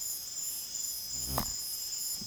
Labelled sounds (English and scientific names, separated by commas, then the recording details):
none
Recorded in pastures near Puerto Asís, Putumayo, Colombia, on 25 June 2025 at 23:00
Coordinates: 0.487, -76.322
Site H26